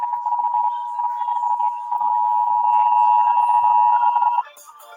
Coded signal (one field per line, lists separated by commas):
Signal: Emergency Alert System (SAME) tones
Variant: 853 and 960 Hz attention tone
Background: music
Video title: 3 emergency alert system in 8:16 seconds.